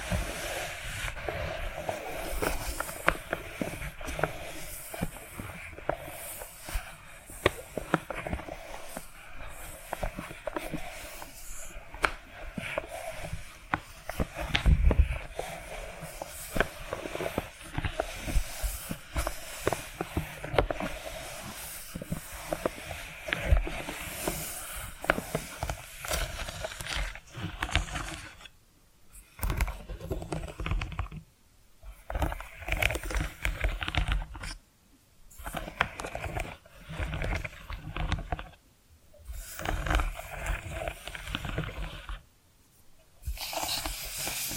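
Dense, continuous scratching mixed with quick tapping clicks, steady for the first half, then breaking into bursts separated by short silences.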